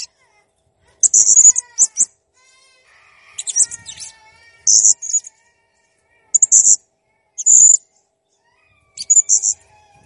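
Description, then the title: Blue-crowned hanging parrot giving harsh, very high squeaky bursts, with fainter lower whistled tones running underneath. Master recording for training cage birds; the bird is described as gacor (persistently vocal) and jernih (clear). "Masteran Burung Serindit Masteran Serindit Gacor Jernih"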